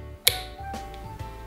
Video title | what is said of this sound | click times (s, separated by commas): 6 Juguetes Divertidos Para No ABURRIRTE En Casa (Recopilación) | empujamos hasta que haga clic y lo mismo con el del otro lado | 0.3 s